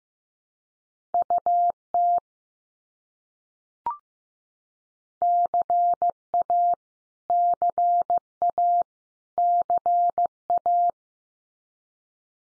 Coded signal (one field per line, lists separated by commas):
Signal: Morse code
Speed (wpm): 15 wpm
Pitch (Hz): 700 Hz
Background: none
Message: UT CA CA CA